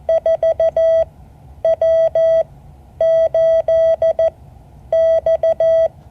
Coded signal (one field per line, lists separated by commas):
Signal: Morse code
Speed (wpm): 14 wpm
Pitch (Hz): 650 Hz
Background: none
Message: 4W8X